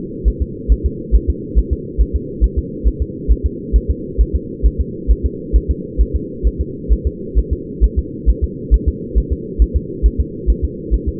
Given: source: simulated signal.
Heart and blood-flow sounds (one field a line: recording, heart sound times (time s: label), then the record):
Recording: fetal heart sounds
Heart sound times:
0.28 s: S1
0.42 s: S2
0.72 s: S1
0.86 s: S2
1.15 s: S1
1.30 s: S2
1.59 s: S1
1.73 s: S2
2.01 s: S1
2.16 s: S2
2.44 s: S1
2.59 s: S2
2.88 s: S1
3.02 s: S2
3.31 s: S1
3.46 s: S2
3.76 s: S1
3.91 s: S2
4.21 s: S1
4.36 s: S2
4.66 s: S1
4.81 s: S2
5.11 s: S1
5.26 s: S2
5.56 s: S1
5.71 s: S2
6.01 s: S1
6.16 s: S2
6.47 s: S1
6.61 s: S2
6.93 s: S1
7.07 s: S2
7.38 s: S1
7.53 s: S2
7.84 s: S1
7.99 s: S2
8.30 s: S1
8.44 s: S2
8.74 s: S1
8.88 s: S2
9.18 s: S1
9.32 s: S2
9.62 s: S1
9.77 s: S2
10.06 s: S1
10.20 s: S2
10.50 s: S1
10.65 s: S2
10.94 s: S1
11.09 s: S2
From the record:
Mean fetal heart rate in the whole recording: 135 bpm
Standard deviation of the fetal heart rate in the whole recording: 3 bpm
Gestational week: 34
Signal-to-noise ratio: -4.1 dB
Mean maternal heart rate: no maternal heart sound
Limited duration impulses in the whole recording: absent